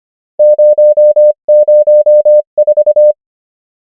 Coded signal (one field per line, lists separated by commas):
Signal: Morse code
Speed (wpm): 25 wpm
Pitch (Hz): 600 Hz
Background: none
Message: 0 0 4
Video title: morse code practice | 25wpm | 23fw | numbers | ENGLISH